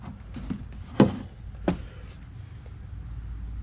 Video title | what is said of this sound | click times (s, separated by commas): J&L Oil Separator Install 2021-2026 Chevy Express and GMC Savana 6.6L 3128D | just lift up. You'll hear it pop out. | 1.0 s, 1.7 s